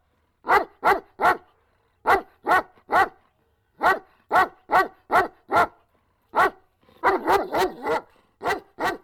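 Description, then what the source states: Dog giving short sharp barks in short groups with brief gaps, then a faster, denser run of barks and two final barks. Dog running about while barking.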